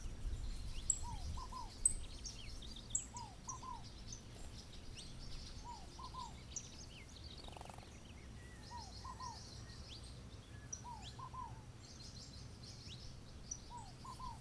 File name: Morning Birds at a Fazenda in Goias Brazil